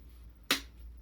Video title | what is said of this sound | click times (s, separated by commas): Seesii 40V Cordless Leaf Blower Review | You go together, this will click into place. | 0.5 s